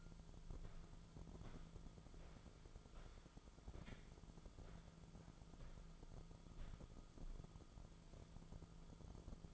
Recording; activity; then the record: daily activity, microphone in the room; walk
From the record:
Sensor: 5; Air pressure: 1005.6 hPa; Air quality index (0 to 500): 95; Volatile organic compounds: 2 ppm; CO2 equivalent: 1158 ppm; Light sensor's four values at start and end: 33/77/31/29 and 33/77/31/29